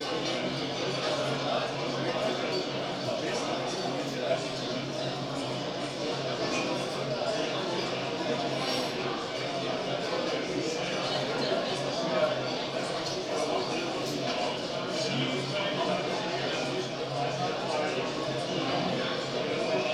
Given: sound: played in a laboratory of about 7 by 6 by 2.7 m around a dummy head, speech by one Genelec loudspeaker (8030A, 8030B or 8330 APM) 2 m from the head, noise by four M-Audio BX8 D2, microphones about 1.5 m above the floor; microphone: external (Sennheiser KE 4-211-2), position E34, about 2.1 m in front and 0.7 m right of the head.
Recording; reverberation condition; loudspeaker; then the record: cafeteria noise; medium; four, about 170 cm from the corners of the room and facing them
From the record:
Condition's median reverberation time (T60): about 510 ms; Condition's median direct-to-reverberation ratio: about -0.5 dB